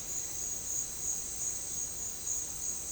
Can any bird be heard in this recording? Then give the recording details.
no. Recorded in dense forest near Puerto Asís, Putumayo, Colombia, on 8 March 2025 at 15:00. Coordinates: 0.467, -76.328. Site G041